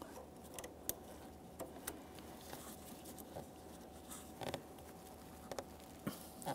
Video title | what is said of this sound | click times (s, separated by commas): How to Replace Downstream O2 Sensor 2010-2013 Kia Forte Koup 2.4L I4 | we're going to press them together listen for a click and then secure it to its mounting bracket | 0.9 s